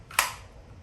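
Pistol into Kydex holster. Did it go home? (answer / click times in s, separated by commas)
yes / 0.2 s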